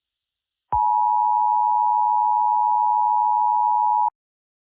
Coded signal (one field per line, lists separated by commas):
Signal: Emergency Alert System (SAME) tones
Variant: 853 and 960 Hz attention tone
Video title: eas scenario catemojibabyheat part 36 the young country bombers vs emoji cat baby abuse